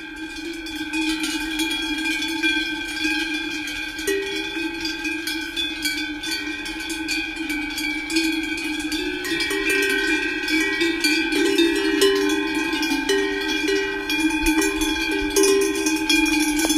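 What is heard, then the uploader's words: Cowbells clank and ring steadily as European cows graze, several bells overlapping in a dense, uneven jangle. Bright metallic tones sustain throughout the seventeen seconds, with the clanking a little busier in the second half and a soft constant rustle underneath. Cow Bell. European cows grazing.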